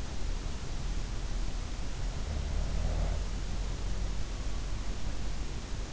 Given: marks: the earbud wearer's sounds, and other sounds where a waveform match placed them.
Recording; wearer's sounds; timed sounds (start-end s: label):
sounds in sleep by an in-ear microphone; snoring breath
1.97-3.59 s: snoring breath